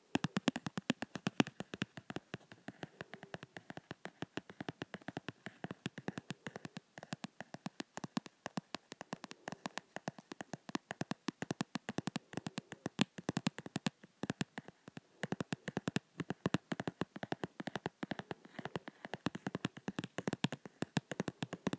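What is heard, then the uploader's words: Crisp fingertip tapping on a book, with quick sharp taps arriving steadily and densely throughout, sometimes in rapid bursts. The taps are bright and dry, with faint rustling between them. Various calming, slow ASMR triggers. Book tapping and flipping.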